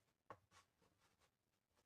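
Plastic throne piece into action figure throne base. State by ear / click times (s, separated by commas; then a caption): seated / 0.3 s. A plastic toy throne piece with tabs and a peg is pushed onto the base of an action figure throne, snapping into place with a click at 0.3 s. The click is quieter than the earlier pieces, and it's followed by soft rubbing sounds. The piece is seated.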